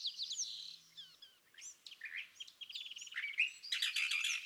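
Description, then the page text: California thrasher song with quick changing phrases: whistled slurs, a short rattling trill, then a harsh, noisy burst at the end. Song at dawn, excerpted from a longer dawn session on day 1, repeating a theme of notes the thrasher chose that morning; March 9, 2017, Montaña de Oro State Park, Los Osos, California. "Birdsong for the Curious Naturalist. California thrasher. Song, excerpted from a longer dawn session on day 1. listen for the repeated theme of notes that the thrasher has chosen to use this morning. March 9, 2017. Montaña de Oro State Park, Los Osos, California"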